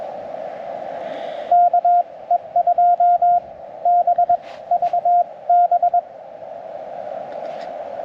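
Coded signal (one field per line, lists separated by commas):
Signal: Morse code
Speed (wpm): 22 wpm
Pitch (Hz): 700 Hz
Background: radio noise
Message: KE2BVB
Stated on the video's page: First CW CQ on a Parks on the Air activation.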